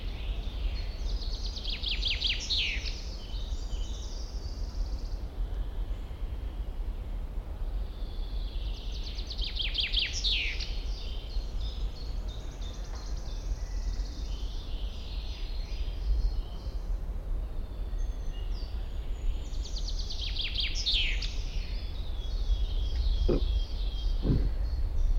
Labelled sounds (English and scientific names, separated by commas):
Common Chaffinch (Fringilla coelebs)